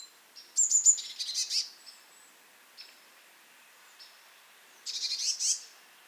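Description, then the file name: Eurasian blue tit giving two scolding bursts of thin high notes and buzzy churring, separated by a few soft, isolated high notes. "Cyanistes caeruleus"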